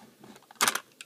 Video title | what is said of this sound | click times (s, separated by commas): Video Review of Hasbro Masterpiece Soundwave (TRU Exclusive) | it clicks the next cassette up | 0.7 s